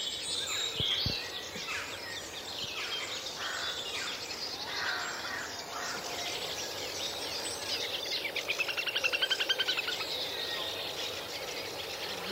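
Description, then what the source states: Little grebe whinnying trill: a rapid, high, rippling run of notes lasting about two seconds near the end, over steady background hiss with faint other bird calls. Whinnying call; also known as dabchick; common at the wetland reserve where heard live in a dawn chorus broadcast, 2 May 2021.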